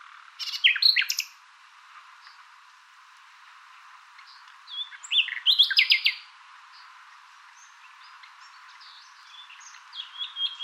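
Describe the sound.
Bird calls: short bursts of high chirps and trills near the start and again around five seconds, with softer scattered notes between and a faint burst at the end.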